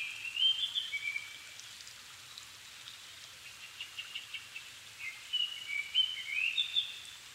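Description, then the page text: Japanese thrush singing loud whistled phrases at start and end, with quieter twittering notes in between and a constant low hiss. Recorded 7 May 2011 at 17:59, in the evening, at 270 m altitude; Sony PCM-D50 recorder with Panasonic WM-61A microphone. "kurotugumi 20110507-1759. Turdus cardis [Sounds -Nikko Today-]"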